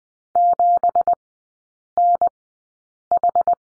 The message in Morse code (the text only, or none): 7NH